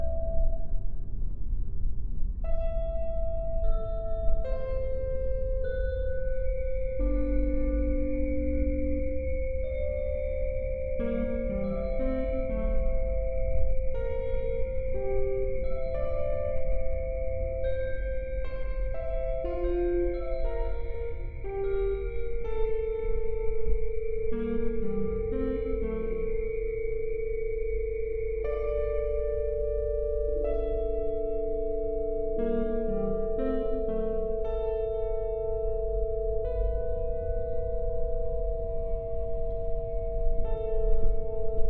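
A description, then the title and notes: A simple computer-generated piano melody plays over a steady low rumble like ocean surf or a passing train. Sustained tones hold under the notes, and a long high whistling tone runs from about 5 to 30 seconds, with short bright digital blips scattered throughout. An old song on a computer generated piano; field and foley recordings; miscellaneous bits and pieces of digital sounds; a sine waves; the ocean; a train. Collaged piano based on the folk song The Housewife’s Lament.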